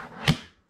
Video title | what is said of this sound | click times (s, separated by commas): Layens nuc box assembly instructional video | the lid locks in place your | 0.3 s